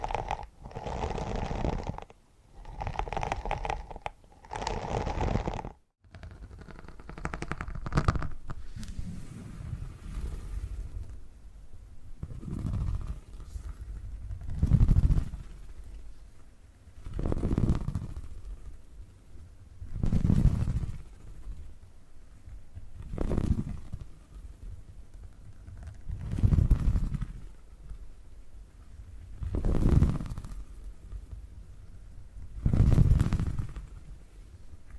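Purring sounds build and fade in slow, regular swells, roughly every three seconds, each a low, rumbling throb. The opening six seconds are busier, with a few bright, hissy bursts before the steady rhythm of deep purrs settles in.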